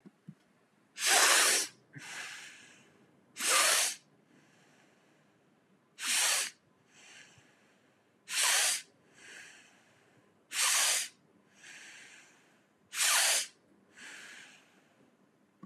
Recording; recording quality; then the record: deep breathing; excellent, no background noise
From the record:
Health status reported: healthy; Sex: male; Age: 26 years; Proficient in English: yes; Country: India